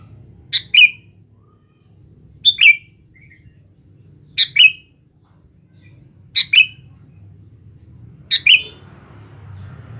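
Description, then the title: Sooty-headed bulbul song: a short bubbly phrase of two or three quick notes, repeated about every two seconds, five times, over a low steady hum. "Kutilang"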